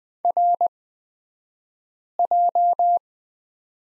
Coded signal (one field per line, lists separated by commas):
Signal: Morse code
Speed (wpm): 20 wpm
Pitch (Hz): 700 Hz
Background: none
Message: RJ